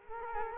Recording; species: mosquito wingbeat signal from an infrared sensor; Culex quinquefasciatus